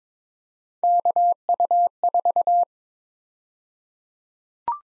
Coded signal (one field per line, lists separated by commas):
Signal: Morse code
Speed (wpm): 22 wpm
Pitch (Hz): 700 Hz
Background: none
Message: KU4